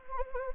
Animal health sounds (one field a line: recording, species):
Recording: mosquito wingbeat signal from an infrared sensor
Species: Anopheles gambiae